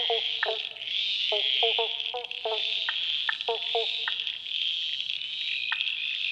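Frogs calling with brief, clipped croaky notes in little clusters, set against a constant high-pitched buzzing chorus.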